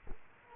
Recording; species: mosquito wingbeat signal from an infrared sensor; Culex quinquefasciatus